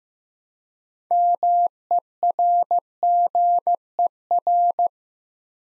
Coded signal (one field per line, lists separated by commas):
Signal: Morse code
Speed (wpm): 15 wpm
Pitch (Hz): 700 Hz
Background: none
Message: MERGER